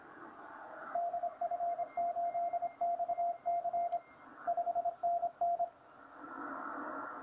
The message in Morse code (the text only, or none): DF8XC 5NN